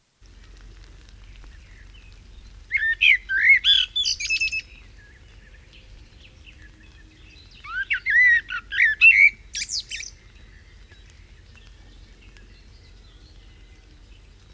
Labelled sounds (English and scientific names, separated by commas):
Common Blackbird (Turdus merula) song